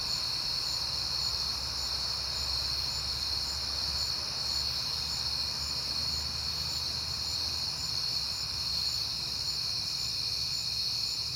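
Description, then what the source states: Crickets chirp in a steady high chorus over a low rumble. Recorded at night in September, on a peaceful night; crickets heard often at that time.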